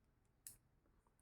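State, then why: Released. A plastic spinning-top part is taken out of its mode assembly by releasing its two clicking tabs. A single sharp plastic click is heard at 0.5 s as the part releases and comes out, followed by a few faint handling sounds.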